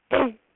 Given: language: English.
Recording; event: throat vibration sensor signal played as sound; throat clearing